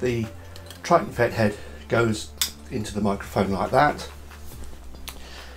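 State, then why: Seated. Someone talks while an inline XLR booster, a Triton effect head, is pushed onto the male XLR output of a dynamic microphone until the metal latch catches. After the talking stops, a sharp click at 5.1 s marks it seating into place.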